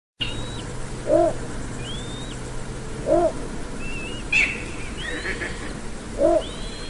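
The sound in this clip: Bird calls: a few short low hoots, with thin rising whistles above, over steady background noise.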